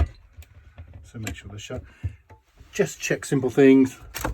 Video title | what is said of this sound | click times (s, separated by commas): Zefiro 675 - Before Driving Checks | so simply close the door and you'll feel an audible click | 0.4 s